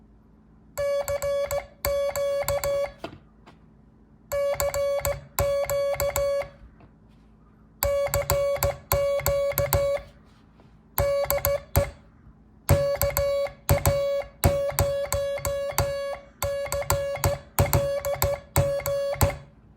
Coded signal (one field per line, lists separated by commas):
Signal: Morse code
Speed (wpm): 16 wpm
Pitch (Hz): 560 Hz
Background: music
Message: CQ CQ CQ DE KA0CLG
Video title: Learning Morse Code (CW) 5 wpm - part 6 - Sending Morse Code (see dubyah)